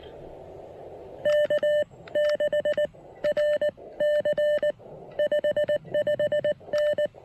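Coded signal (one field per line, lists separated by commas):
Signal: Morse code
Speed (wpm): 19 wpm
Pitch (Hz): 600 Hz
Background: none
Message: K6RC 55N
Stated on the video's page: Morse from a POTA park activation on 20 and 30 meters using an Elecraft KX1.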